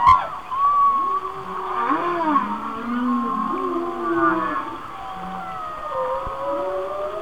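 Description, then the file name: Whale song: a sharp click at the start, then arching moans and a long higher whistled tone. "Whale Songs- Mike Mc Donald"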